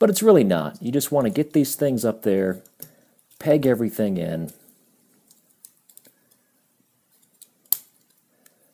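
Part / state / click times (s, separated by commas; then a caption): plastic panels pegged into the transforming robot toy body / seated / 7.7 s. Someone talks for the first few seconds while lifting the plastic panels of an AM32 Stunticon Wildrider transforming robot toy and pegging them into its body. After faint plastic handling clicks, a loud, sharp snap at 7.7 s shows the panels locking into place.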